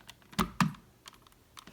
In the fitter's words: into place until it clicks